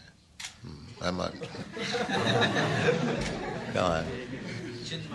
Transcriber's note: laughter